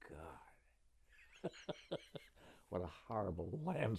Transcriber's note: laughs